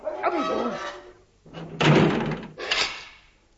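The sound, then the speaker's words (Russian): A heavy door creaks, then slams shut with a loud, broad thud, followed by a second, shorter metallic clunk like a lock or bolt sliding into place, as people are locked in behind it. “Посиди за этой дверью, подумай, жить хочешь или умирать хочешь? Запри их”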